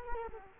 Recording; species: mosquito wingbeat signal from an infrared sensor; Culex quinquefasciatus